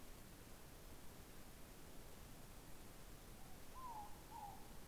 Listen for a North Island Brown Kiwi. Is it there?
no